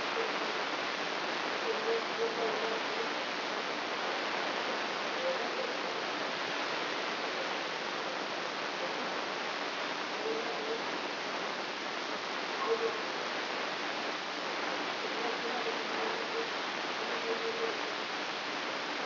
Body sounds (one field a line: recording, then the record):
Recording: brain microelectrode recording played as sound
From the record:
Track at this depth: outside the subthalamic nucleus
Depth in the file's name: 6.661 mm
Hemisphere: left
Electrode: 3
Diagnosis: Parkinson's disease